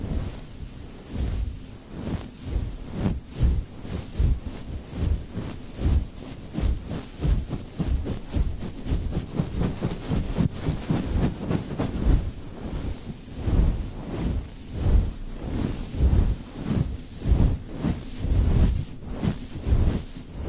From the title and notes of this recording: ASMR Rhythmic Mic Brushing (No Talking).